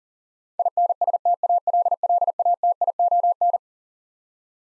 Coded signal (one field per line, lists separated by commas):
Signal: Morse code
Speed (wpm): 40 wpm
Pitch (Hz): 700 Hz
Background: none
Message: INSTALLATION